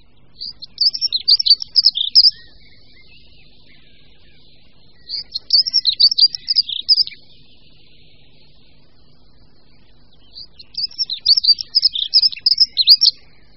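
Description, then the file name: Dunnock repeating its song three times, each a brisk, high, scratchy warble of two to three seconds, separated by pauses of roughly three seconds. "Pěvuška-modrá"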